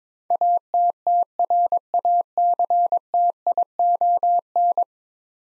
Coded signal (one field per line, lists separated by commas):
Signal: Morse code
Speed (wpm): 22 wpm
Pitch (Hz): 700 Hz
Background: none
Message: ATTRACTION